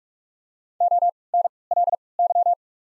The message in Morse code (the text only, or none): ONLY